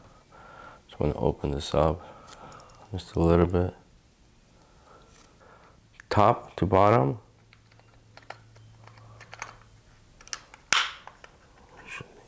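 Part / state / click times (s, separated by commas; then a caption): game controller top shell clip releasing from the bottom shell / released / 10.7 s. A pry tool is worked between the top and bottom halves of a game controller's plastic shell while someone talks, with small scraping and tapping sounds along the seam. A sharp click at 10.7 s marks an internal clip of the top shell letting go of the bottom shell, and the shell pops open.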